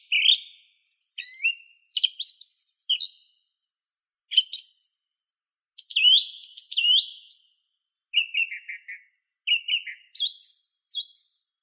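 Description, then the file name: Song thrush delivering a string of varied phrases: rising whistles, shrill squeaky clusters and trilled notes, separated by brief pauses. "Neizvesten - Drozd pevchij Turdus philomelos"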